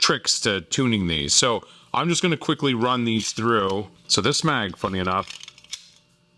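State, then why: Partly seated. Someone talks as a pistol magazine is pushed into a handgun's magazine well, giving two short clicks at 5.6 s and 5.7 s. The magazine only almost catches and does not lock fully: its base pad stops it short, leaving the magazine catch bumped up.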